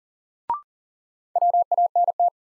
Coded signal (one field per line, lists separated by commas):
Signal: Morse code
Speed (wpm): 40 wpm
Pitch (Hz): 700 Hz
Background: none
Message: WANT